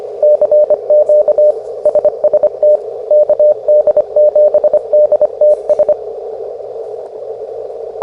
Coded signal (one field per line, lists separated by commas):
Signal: Morse code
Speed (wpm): 24 wpm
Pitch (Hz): 600 Hz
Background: radio noise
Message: CQ SST KD7DTS